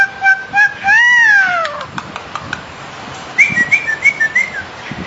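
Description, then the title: Bali myna whistling: short clear notes, then a long arching whistle that slides downward, followed by a quick series of short whistled notes. "Jalak Bali"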